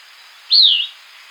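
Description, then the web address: Sierran Elaenia giving a single high, slurred note that rises briefly, then falls smoothly, against a faint steady hiss. Recorded in Ecuador. "Birds of Ecuador 2. Sierran Elaenia"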